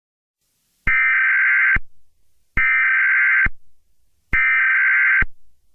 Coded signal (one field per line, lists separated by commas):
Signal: Emergency Alert System (SAME) tones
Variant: header bursts